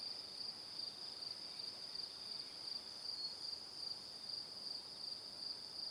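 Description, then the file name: Crickets chirping in a shrill, continuous high chorus of short pulses. Evening. "Calm - Evening Crickets"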